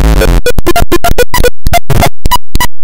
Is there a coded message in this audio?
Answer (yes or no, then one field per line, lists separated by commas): no